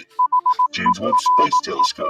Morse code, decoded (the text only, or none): HERE